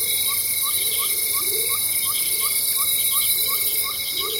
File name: felix blume nature tropical rainforest ambience venezuela loud insects